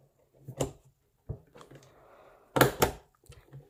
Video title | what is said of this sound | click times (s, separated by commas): how to install your CPU | press until you hear a click, and then you | 2.6 s